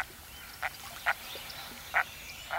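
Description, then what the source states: Common Merganser giving four short, hoarse croaking notes, spaced irregularly about half a second to a second apart, over a faint steady background hiss. Male.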